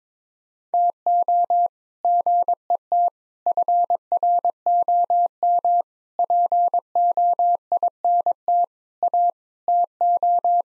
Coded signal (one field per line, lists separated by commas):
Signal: Morse code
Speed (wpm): 22 wpm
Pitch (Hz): 700 Hz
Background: none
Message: TO GET FROM POINT A TO